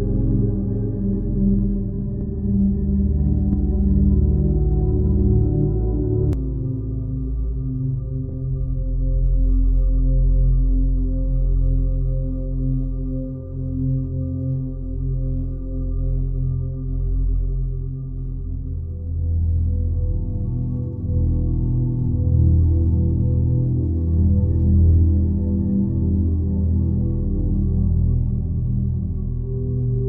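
A 528 Hz meditation sound plays as a steady, dark drone of layered sustained tones, mostly low and mellow with nothing bright above. Around six seconds the upper tones drop away abruptly, and the rest drifts in slow, gentle swells at an even loudness.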